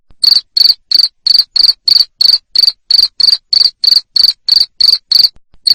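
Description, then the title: Cricket producing shrill, evenly spaced chirps, about three every second, a continuous steady rhythm with a brief gap near the end. Loud cricket chirping played to stimulate lovebirds to keep singing (ngekek). "Suara JANGKRIK NGERIK Keras Bikin LOVEBIRD Jadi NGEKEK Terus Vubey"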